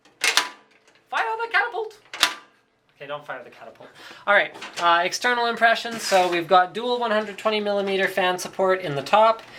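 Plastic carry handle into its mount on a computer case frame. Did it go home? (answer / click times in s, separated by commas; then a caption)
yes / 0.4 s, 2.2 s. The plastic carry handles on the metal frame of a Corsair Vengeance C70 computer case are folded and snap into their locked position with loud, sharp clicks at 0.4 s and 2.2 s, so the handles are seated. After the clicks, someone talks.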